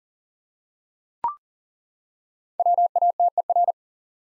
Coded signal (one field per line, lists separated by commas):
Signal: Morse code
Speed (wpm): 40 wpm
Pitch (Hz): 700 Hz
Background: none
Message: WATER